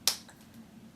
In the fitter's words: Did you hear that snap?